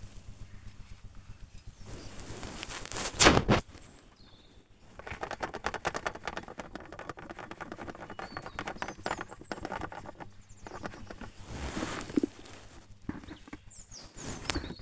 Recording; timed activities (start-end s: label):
household activities, microphone on the right wrist
0.00-14.82 s: working in the garden